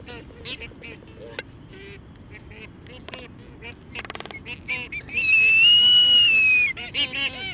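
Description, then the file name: Black-footed albatross calls: scattered short harmonic notes and pulsed clattering bursts, then a loud sustained whistled moan lasting over a second, followed by wavering harmonic cries. "Black footed Albatross Phoebastria nigripes"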